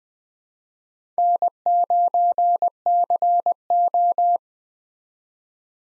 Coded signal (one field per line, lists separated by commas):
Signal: Morse code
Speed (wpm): 20 wpm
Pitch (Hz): 700 Hz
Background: none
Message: N9CO